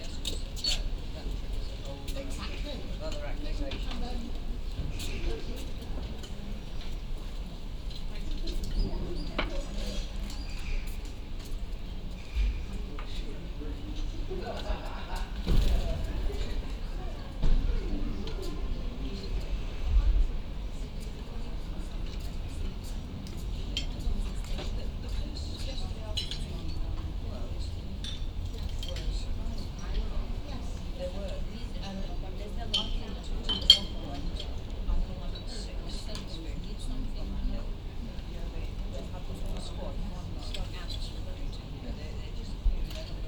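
Early summer morning in Radcliffe Square, with a steady low rumble of traffic beneath scattered voices talking. Small clinks and clatters of dishes and cutlery come through now and then, with a few sharper knocks around fifteen to twenty seconds and again near thirty-four.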